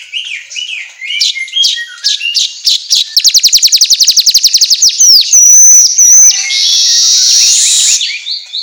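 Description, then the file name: Asian golden weaver song: varied chattering notes build into a quick metallic rattle, then a thin whistle and an extended buzzy, hissing wheeze. Manyar kepala emas singing energetically (auto gacor). "Suara Kicau Manyar Kepala Emas Auto Gacor"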